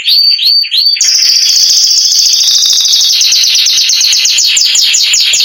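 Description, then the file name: Canary song: three quick upslurred notes, then a dense high trill that breaks into a rapid run of repeated descending whistled notes. "canto do canario giboso espanhol"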